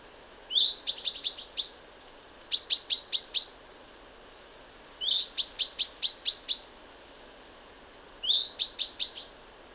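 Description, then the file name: Common chaffinch gives four phrases, most opening with an upward-sweeping note, then a rapid string of bright, even notes, with brief gaps between phrases. "Fringilla coelebs"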